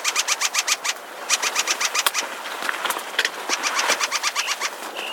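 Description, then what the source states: Ring ouzel alarm call: rapid, hard chacking notes repeated in runs, over background noise. Alarm call, given when someone is too near the nest.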